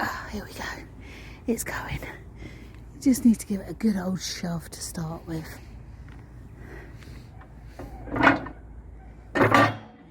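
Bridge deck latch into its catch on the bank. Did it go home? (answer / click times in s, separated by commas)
yes / 9.6 s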